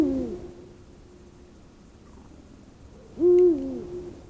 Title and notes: Huuhkaja. Juha Laaksonen